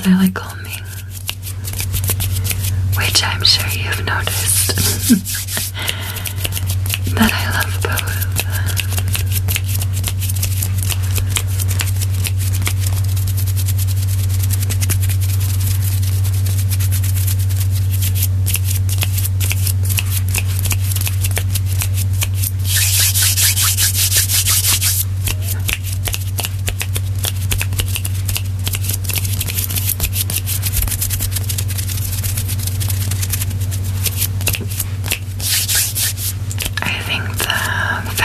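Dense hand rubbing and light tapping over a steady low hum, with brighter bursts of brushing around five, twenty-three and thirty-seven seconds.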